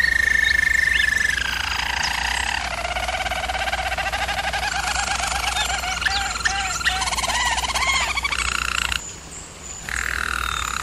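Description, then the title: German Roller canary song opening with a bright trill, dropping into a low continuous roll with bubbling overtones, a short break, then a smooth roll resumes. German Roller canary singing; recording made for canary song training. "German Roller Canary Singing - Canary Training Vid"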